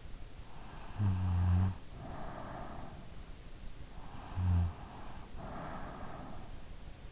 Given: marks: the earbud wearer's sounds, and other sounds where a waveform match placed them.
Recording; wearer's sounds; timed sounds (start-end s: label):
sounds in sleep by an in-ear microphone; snoring breath
0.84-3.15 s: snoring breath
4.07-6.59 s: snoring breath